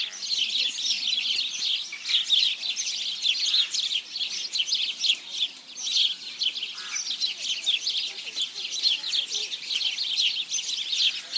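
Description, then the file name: House sparrow flock chirping nonstop, a thick wash of bright, clipped notes overlapping without pause for the whole stretch. "Passer domesticus"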